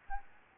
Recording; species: mosquito wingbeat signal from an infrared sensor; Aedes albopictus